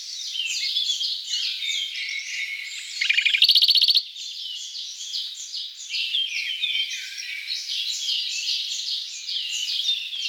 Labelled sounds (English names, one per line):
Radde's Warbler song